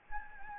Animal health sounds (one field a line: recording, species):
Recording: mosquito wingbeat signal from an infrared sensor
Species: Anopheles gambiae